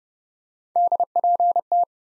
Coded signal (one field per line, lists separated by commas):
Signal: Morse code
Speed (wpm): 30 wpm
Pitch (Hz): 700 Hz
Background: none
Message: DPT